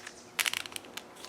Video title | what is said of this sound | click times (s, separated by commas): A Rivnut demo on how they work, and how you can make this simple tool! Ideal for tight spots! | Did you hear it click? | 0.4 s, 0.5 s, 0.6 s, 0.7 s, 0.8 s, 1.0 s